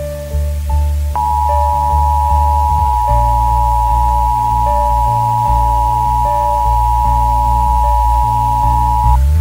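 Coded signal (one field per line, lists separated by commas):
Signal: Emergency Alert System (SAME) tones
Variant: 853 and 960 Hz attention tone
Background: music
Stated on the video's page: Fictional EAS alert about riots, inspired by 28 Days Later.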